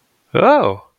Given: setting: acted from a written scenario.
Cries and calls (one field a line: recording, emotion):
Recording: vocal sound without words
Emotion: interest